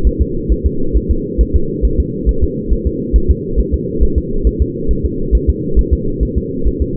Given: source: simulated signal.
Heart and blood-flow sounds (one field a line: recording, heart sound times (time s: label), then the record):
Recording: fetal heart sounds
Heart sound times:
0.07 s: S1
0.22 s: S2
0.52 s: S1
0.66 s: S2
0.97 s: S1
1.11 s: S2
1.41 s: S1
1.56 s: S2
1.85 s: S1
2.00 s: S2
2.29 s: S1
2.44 s: S2
2.73 s: S1
2.87 s: S2
3.16 s: S1
3.31 s: S2
3.60 s: S1
3.74 s: S2
4.03 s: S1
4.18 s: S2
4.47 s: S1
4.62 s: S2
4.91 s: S1
5.06 s: S2
5.35 s: S1
5.50 s: S2
5.79 s: S1
5.94 s: S2
6.23 s: S1
6.38 s: S2
6.68 s: S1
6.82 s: S2
From the record:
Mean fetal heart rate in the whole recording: 135 bpm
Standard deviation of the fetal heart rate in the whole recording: 3 bpm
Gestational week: 34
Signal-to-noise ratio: -8.1 dB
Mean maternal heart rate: 72 bpm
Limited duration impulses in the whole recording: absent